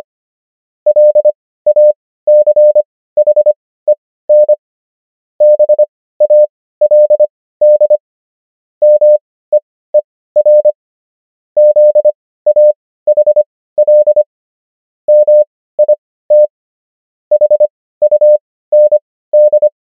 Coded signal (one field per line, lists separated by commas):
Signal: Morse code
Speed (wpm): 25 wpm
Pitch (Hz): 600 Hz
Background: none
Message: LACHEN BALD MEER ZAHL MIT HUND